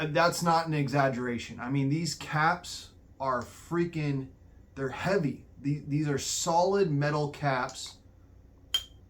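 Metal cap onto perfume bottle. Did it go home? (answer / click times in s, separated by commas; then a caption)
yes / 8.7 s. Someone talks about heavy, solid metal caps. At 8.7 s a heavy solid metal cap is pushed onto a glass perfume bottle and snaps home with a single sharp metallic clink. The cap clicks into place and is seated.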